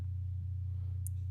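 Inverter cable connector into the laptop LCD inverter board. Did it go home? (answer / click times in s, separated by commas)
yes / 1.1 s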